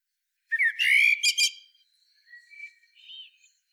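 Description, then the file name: Common blackbird harsh call: a few loud, rasping, buzzy notes in a quick burst, followed by thin, quieter, wavering notes after a short pause. "Turdus merula"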